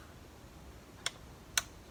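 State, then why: Torque reached. A torque wrench set to a low torque tightens another inlet manifold bolt on a 2014 Holden Cruze during a leaking inlet gasket replacement. Over a quiet background, a sharp tick at 1.1 s is followed by the louder wrench click at 1.6 s, confirming the bolt has reached its torque setting with little force needed.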